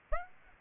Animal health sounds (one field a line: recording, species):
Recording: mosquito wingbeat signal from an infrared sensor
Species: Aedes aegypti